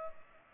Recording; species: mosquito wingbeat signal from an infrared sensor; Culex pipiens